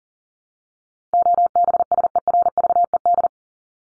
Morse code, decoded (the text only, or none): OBSERVED